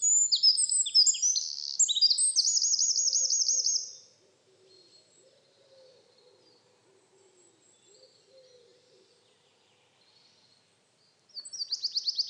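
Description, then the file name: Eurasian wren song: a loud, rapid burst of high, tumbling notes and fast trills, already under way at the start, then near silence before another burst begins at the end. "Troglodytes troglodytes"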